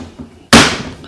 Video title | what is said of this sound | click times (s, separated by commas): How To Replace the Seat Bezels and Seat Controls on a C5/C6 Chevrolet Corvette | And you heard the snap. Whoops. It did snap in and then it snapped back out. | 0.5 s